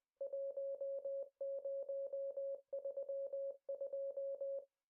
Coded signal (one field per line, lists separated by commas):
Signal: Morse code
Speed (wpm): 20 wpm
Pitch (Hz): 550 Hz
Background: music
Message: 1032